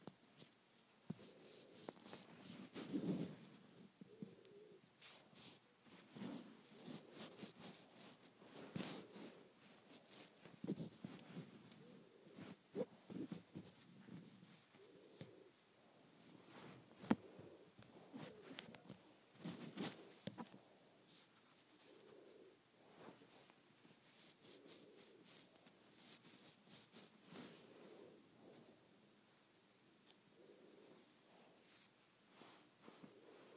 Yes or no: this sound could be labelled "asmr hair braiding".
yes